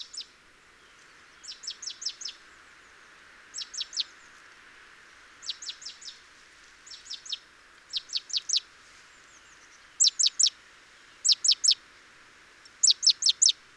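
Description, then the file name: Great tit giving short series of high descending notes in groups of three to five, growing louder toward the end, over a steady background hiss. "Parus major"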